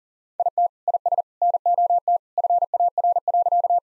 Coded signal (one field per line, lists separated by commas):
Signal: Morse code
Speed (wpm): 37 wpm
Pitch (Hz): 700 Hz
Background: none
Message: IT IS NOT FAR.